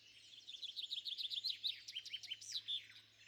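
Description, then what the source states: Bird chirping in quick, high, varied notes and trills, with a steady low hum underneath. Bird calls recorded at sunrise.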